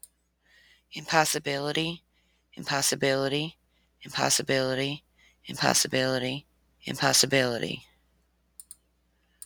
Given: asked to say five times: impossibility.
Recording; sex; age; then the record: repeated word; female; 40 to 49 years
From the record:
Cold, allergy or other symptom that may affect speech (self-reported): no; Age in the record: 42 years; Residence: Tennessee, United States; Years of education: 12